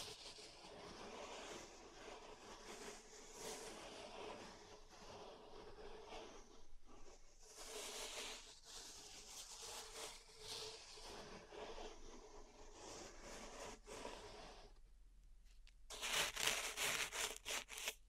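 Steady raking and scraping of pink salt in a zen garden, with brighter rustling swells, a near-silent pause, then sharp rapid scratches near the end.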